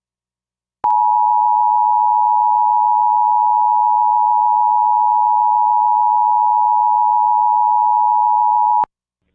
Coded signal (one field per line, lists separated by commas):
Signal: Emergency Alert System (SAME) tones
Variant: 853 and 960 Hz attention tone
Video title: EAS #722-723: 2 EAS Required Monthly Tests- Dec. 7, 2022- 12:15AM PST